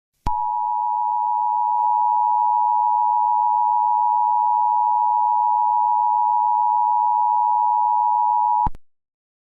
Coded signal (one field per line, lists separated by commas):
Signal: Emergency Alert System (SAME) tones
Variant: 853 and 960 Hz attention tone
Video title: VeggieTales.EXE | An EAS Scenario